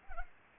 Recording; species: mosquito wingbeat signal from an infrared sensor; Culex pipiens